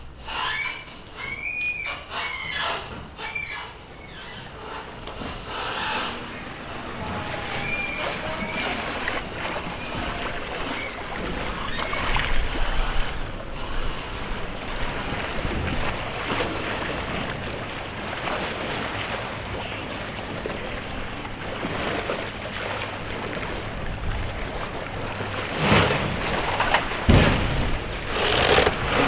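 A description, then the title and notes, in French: Venice at night, with a steady low hum of boat traffic carrying across the water. Quick bright chirping calls repeat in the first few seconds and again near eight seconds, then a thicker wash of engine and water sound fills the middle, with sharper knocks near the end. La nuit – Venise. La nuit, quand Venise est presque désertée par ses habitants et surtout par ses hordes de touristes, la nature se donne à entendre. Les vagues déferlent, les embarcadères grincent, craquent, s’entrechoquent.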